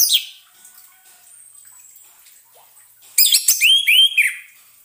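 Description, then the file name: Orange-headed thrush delivering a quick phrase of sharp chirps followed by bouncy, arched whistled notes after a quiet stretch. Sound therapy recording meant for an orange-headed thrush that has stopped singing. "terapi suara anis merah macet bunyi"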